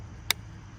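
The pan of a steel foothold trap is pressed down flatter until the dog engages the night latch, giving a single sharp click at 0.3 s over a faint low hum. The pan is now seated flat inside the jaws.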